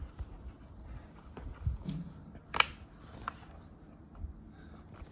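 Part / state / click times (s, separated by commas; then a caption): tail light harness plug into its holder on the motorcycle / seated / 2.6 s. The unused tail light plug of a relayed lighting kit harness is pushed into its plastic holder on a 2023 KTM XC/SX dirt bike, in case a tail light is run later. Soft handling rustles lead to a sharp, bright snap at 2.6 s as the plug seats in its mount, followed by a fainter tick at about 3.3 s.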